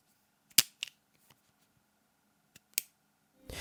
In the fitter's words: the hinge on the grip feels really premium with a nice click to it as well